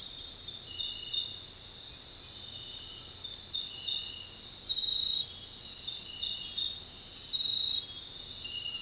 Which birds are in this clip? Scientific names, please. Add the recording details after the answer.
none. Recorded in dense forest near Puerto Asís, Putumayo, Colombia, on 20 February 2024 at 00:00. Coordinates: 0.500, -76.322. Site G6465